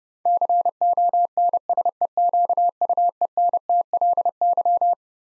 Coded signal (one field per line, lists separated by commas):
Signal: Morse code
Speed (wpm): 32 wpm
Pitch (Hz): 700 Hz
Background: none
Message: CONSEQUENTLY